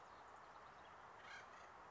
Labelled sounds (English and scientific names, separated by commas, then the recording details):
Acorn Woodpecker (Melanerpes formicivorus)
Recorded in Sonoma County, California